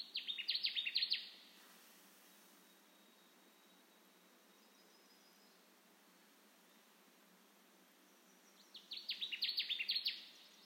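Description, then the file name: Connecticut warbler singing two rapid phrases of emphatic down-slurred notes about eight seconds apart, separated by quiet background hiss. Recorded 10 June 2021. "2021-06-10 Connecticut Warbler"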